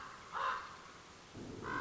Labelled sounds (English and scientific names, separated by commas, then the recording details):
Common Raven (Corvus corax)
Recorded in Sonoma County, California